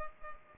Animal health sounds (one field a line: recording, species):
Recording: mosquito wingbeat signal from an infrared sensor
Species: Culex pipiens